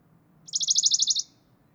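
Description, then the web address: Western Bonelli's warbler singing a brief, rapid trill of many high, evenly spaced notes over a faint low hum. "chant fernand deroussen pouillot de bonelli"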